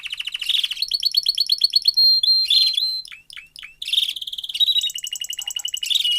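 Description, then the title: Domestic canary song mixing fast trills and sharp chirps, a short pause near the middle, then more rolling trills. Male Belgian canary singing a lot; meant to warm up and train young canaries. "Canary Training Esquente Seu Filhote E Canario Belga Em 30 Minutos Macho Cantando Muito"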